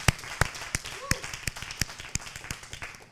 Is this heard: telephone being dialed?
no